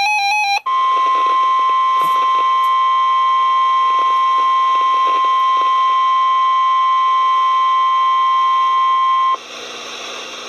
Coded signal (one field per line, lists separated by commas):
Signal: Emergency Alert System (SAME) tones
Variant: 1050 Hz attention tone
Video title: EAS #193 - Tornado Watch #332 (6/1/2012)